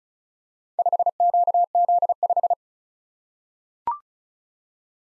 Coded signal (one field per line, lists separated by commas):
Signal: Morse code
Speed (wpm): 36 wpm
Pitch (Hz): 700 Hz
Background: none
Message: 5QZ5